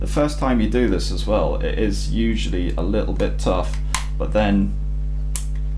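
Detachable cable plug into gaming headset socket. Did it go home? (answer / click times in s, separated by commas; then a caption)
yes / 5.4 s. Someone talks while the braided detachable cable's plug is pushed into the socket of a Pulse-R gaming headset, an insertion that is a little tough the first time. A sharp, positive click sounds at 5.4 s as the plug seats firmly in the socket.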